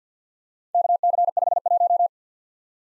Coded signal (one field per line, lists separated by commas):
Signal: Morse code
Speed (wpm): 50 wpm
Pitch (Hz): 700 Hz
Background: none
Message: KC51